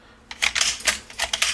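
The bolt of a Benelli M4 shotgun is pulled back and caught open by the bolt release, locking it back in the receiver before the barrel is reinstalled. A quick series of sharp metallic clacks is heard. Nothing has seated or clicked yet.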